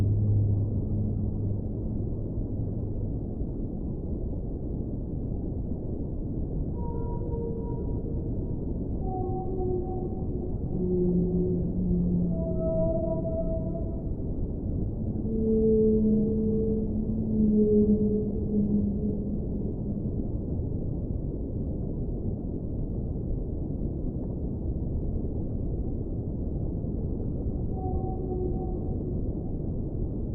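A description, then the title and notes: Whale calls sound underwater over a constant low, muffled rumble. Drawn-out tonal moans and whistles, some gliding slightly in pitch, arrive in loose clusters from about 7 to 19 seconds, with a few more near 28 seconds. Everything stays dull. Whale Sounds Underwater.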